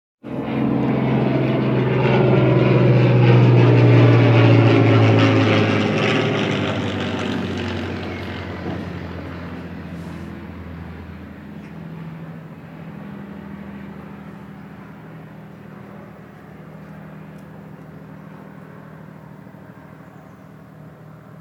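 A historic propeller aircraft roars overhead, its deep engine drone loudest around three to five seconds in, with a strong low hum and bright rasp. The sound then fades steadily as the plane moves away, leaving a lower rumble through the end.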